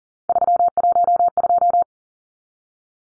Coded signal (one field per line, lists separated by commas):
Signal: Morse code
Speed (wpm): 40 wpm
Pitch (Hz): 700 Hz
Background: none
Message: 312